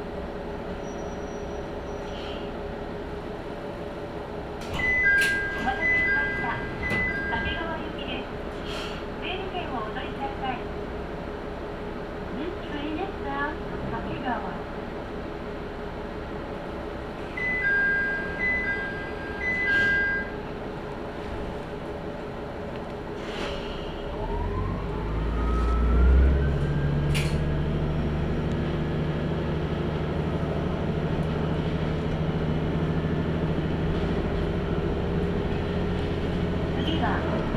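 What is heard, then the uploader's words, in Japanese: Inside a Tenryu Hamanako Railway train, steady rumble carries two short two-tone chimes near 5 and 17 seconds, then the engine revs up deeper around 25 seconds. 天竜浜名湖鉄道 天竜二俣→森町病院前→遠江一宮。天竜二俣でかなり降りて空いた車内。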